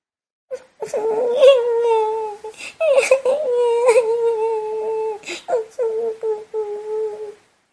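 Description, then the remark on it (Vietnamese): A person crying loudly outside a door in long, wavering wails, broken by short catching breaths into about five drawn-out sobs that grow slightly softer toward the end. “Tiếng khóc của Tiểu Thư Tuyết ngoài cửa một chút cũng không so hơn với sự khó nghe của khóc tan.”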